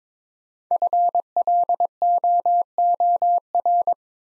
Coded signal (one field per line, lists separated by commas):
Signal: Morse code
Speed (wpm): 22 wpm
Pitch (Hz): 700 Hz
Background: none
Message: FLOOR